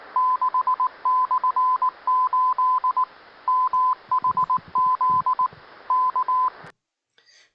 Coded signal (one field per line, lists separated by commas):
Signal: Morse code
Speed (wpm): 19 wpm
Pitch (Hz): 1020 Hz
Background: none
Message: 6/8 MHZ K